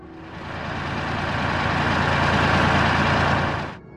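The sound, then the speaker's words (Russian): A bulldozer's heavy diesel engine roars steadily for several seconds as it cuts a path through overgrowth toward a ruined factory, a loud, dense rumble that swells slightly toward the end before cutting off abruptly. No voices are heard. “Двигатель бульдозера взревел.”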